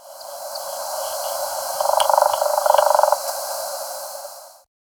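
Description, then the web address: Andean flicker giving a rapid series of short notes lasting over a second, over a steady band of loud hiss. Recorded in Ecuador. "Birds of Ecuador. Andean Flicker"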